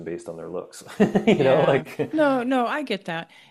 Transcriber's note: laughs